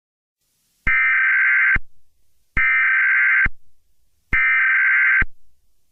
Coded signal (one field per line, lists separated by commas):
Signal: Emergency Alert System (SAME) tones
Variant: header bursts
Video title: EAS Scenario 5 - Zombie Apocalypse (SUPERCUT)